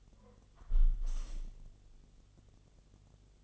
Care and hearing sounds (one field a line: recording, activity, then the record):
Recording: daily activity, microphone in the room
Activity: close window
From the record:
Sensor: 4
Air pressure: 1015.8 hPa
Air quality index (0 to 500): 116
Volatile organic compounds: 2 ppm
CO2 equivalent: 1305 ppm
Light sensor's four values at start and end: 9/20/8/7 and 9/20/8/7